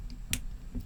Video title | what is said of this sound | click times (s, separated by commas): NECA HUNTER PREDATOR - ALIENS VS PREDATOR ARCADE - CAJUN TOY REVIEW | very satisfying click all right one more time we're going to bring you back out Warrior | 0.3 s